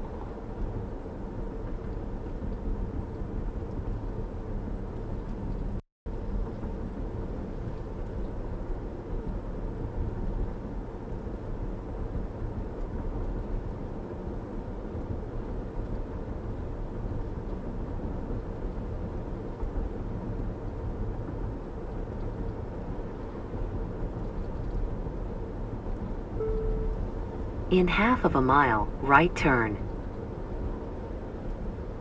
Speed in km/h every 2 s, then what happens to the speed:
61, 60, 60, 61, 63, 64, 64, 64, 64, 64, 64, 64, 64, 68, 69, 69.
0-32 speeds up to 69.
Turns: none.